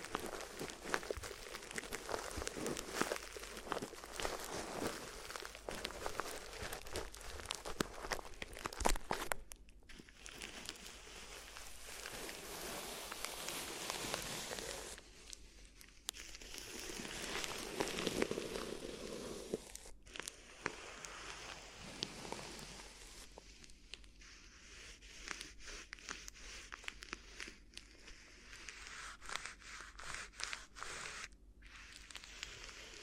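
Crinkly ear massage sounds: dense, bright crackling and crumpling rustles that come in thick bursts, with brief near-silent gaps around 9, 15, 20 and 32 seconds. The texture shifts between busy, scratchy stretches and softer, lower rubbing, never settling into a steady rhythm.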